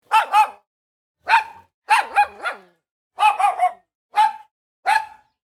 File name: Dog Small Barking Angrily Medium Close Cuba